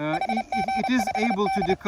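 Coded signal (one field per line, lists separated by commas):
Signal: Morse code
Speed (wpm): 31 wpm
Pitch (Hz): 770 Hz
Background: speech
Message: HG5D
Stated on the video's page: Factory-built 20m QCX-mini CW-only transceiver, 5W output with QSK, into a 20m mono-band end-fed half-wave wire antenna.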